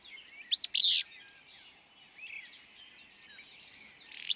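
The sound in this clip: Willow flycatcher giving one quick two-part burry phrase early on, with another starting at the very end, amid soft twittering of other birds.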